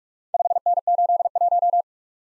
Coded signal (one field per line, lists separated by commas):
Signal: Morse code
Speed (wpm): 46 wpm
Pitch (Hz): 700 Hz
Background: none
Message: 5N81